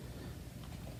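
A flat screwdriver presses the other end of a front roller shaft into its plastic socket in a Shark Navigator vacuum power head housing, heard as a steady low handling rumble with no sharp sounds. Nothing has seated or clicked yet.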